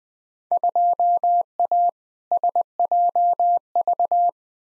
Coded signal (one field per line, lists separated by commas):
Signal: Morse code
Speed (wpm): 20 wpm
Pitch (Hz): 700 Hz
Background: none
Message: 2A SJV